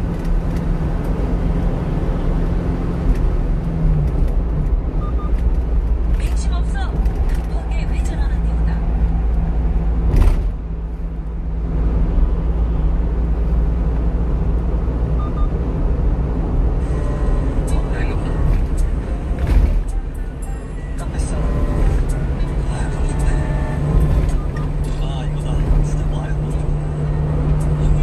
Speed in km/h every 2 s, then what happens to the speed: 73, 72, 71, 69, 68, 69, 72, 73, 76, 82, 85, 89, 91, 92.
0-11 steady at about 69. 11-28 speeds up to 92.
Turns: none.